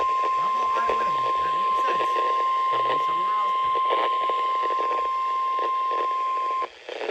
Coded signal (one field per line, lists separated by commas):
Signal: Emergency Alert System (SAME) tones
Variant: 1050 Hz attention tone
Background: speech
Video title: EAS Capture 612-629 Required Weekly Test, Marine Warning, and High Wind Warning.